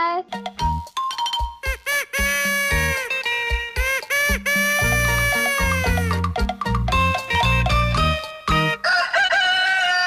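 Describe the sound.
A rooster crows in long, strained, rising-and-falling calls, set against a loud, busy musical jingle with voices and punchy beats, part of the jingle for the morning program Xiongji Changxiao on Beijing Sports Radio, 2018.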